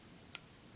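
A spring is pressed back onto the metal and plastic bolt of an Invert Mini paintball marker after its orientation is corrected. A single sharp, short snap is heard at 0.4 s, and the spring is seated in place.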